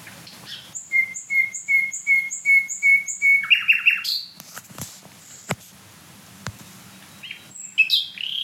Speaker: was ist das für ein Glucksen?